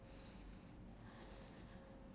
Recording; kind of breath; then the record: one breath in and out by a microphone near the nose and mouth; deep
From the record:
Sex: male